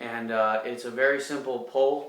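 Someone talks about the rear bolt of a BSA R-10 .22 PCP air rifle, which is cocked with a simple pull that rotates the rotary pellet magazine to the next chamber with a click. Only speech is heard; nothing has clicked or seated yet.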